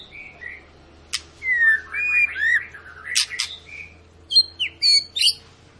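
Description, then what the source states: White-rumped shama song of drawn-out slurred whistles and rising notes, with a few sharp clicks. Long lure recording of an actively singing White-rumped shama, played to make other birds sing.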